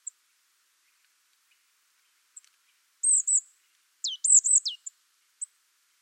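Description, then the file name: Marsh tit calling: a few thin high notes, then two longer level high notes, then a quick cluster of sharp, high downslurred notes, followed by a couple of short high chips. "Poecile palustris"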